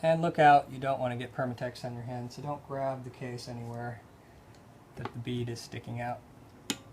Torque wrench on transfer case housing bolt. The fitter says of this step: you can hear the click